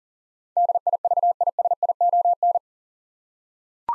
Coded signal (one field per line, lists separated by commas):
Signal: Morse code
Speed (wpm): 40 wpm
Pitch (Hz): 700 Hz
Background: none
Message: DIVISION